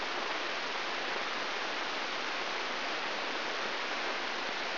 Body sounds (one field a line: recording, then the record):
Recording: brain microelectrode recording played as sound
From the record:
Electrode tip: inside the subthalamic nucleus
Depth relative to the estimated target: -2 mm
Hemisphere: left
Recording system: AlphaMap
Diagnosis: Parkinson's disease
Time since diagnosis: 13 years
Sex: male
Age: 63 years